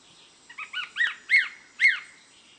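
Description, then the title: Greyish Mourner call: a short series of slurred whistled notes that grow louder, ending in two strong arched whistles, over quiet background hiss. Nominate subspecies Rhytipterna simplex simplex. "LuckyPassaro Completos2Sama. Greyish Mourner (Rhytipterna simplex simplex)"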